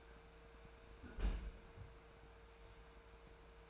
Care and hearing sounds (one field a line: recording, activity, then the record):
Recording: daily activity, microphone in the room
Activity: close fridge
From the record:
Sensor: 2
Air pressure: 1014.7 hPa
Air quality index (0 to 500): 190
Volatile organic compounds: 15 ppm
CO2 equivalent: 2515 ppm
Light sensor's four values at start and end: 13/34/14/15 and 14/35/15/16